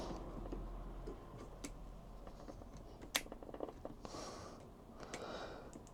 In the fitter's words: फिर मुझे कुछ क्लिक जैसा महसूस हुआ।